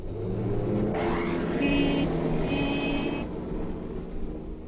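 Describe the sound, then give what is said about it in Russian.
A car engine rumbles low, then roars into a loud, whining rev for a couple of seconds before easing back to a steady idle. No one speaks. “Ну, ответьте-ка теперь, кто рычит, как дикий зверь, что в машине все главней, не поедете на ней, как в машине до сих пор не поставили мотор!”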